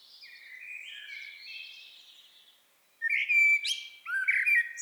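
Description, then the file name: Eurasian blackbird song: quiet, drawn-out fluty phrases, a short pause, then louder, squeakier notes with high twittering. "Turdus merula"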